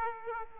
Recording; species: mosquito wingbeat signal from an infrared sensor; Aedes aegypti